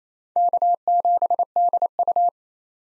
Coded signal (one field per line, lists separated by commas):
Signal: Morse code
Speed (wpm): 27 wpm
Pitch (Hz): 700 Hz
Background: none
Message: K7DU